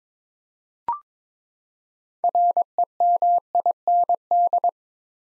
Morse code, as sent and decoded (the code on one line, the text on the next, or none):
.-. . -- .. -. -..
REMIND